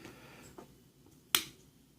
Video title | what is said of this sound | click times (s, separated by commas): Glock Tear Down | you hear it there's a snap | 1.4 s